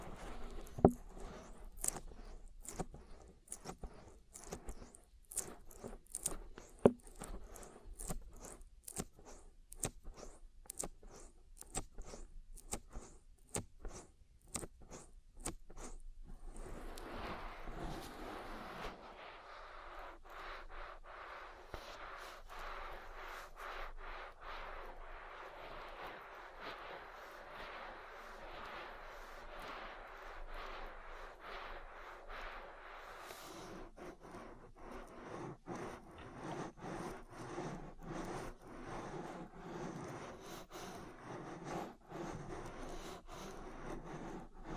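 An oil ear massage opens with quick, sharp wet clicks and taps repeating for about sixteen seconds. A steady, dense rubbing and squishing takes over, smooth and mid-pitched, then from around thirty-three seconds the rubbing mixes with scattered soft clicks again.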